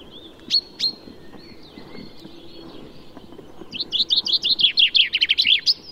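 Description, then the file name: Common chaffinch: a few sharp separate chips, a pause, then a rapid series of bright notes. "Fringilla coelebs"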